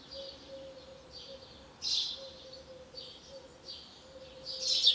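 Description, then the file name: House sparrow chirps, short bright notes in loose bursts. "Passer domesticus"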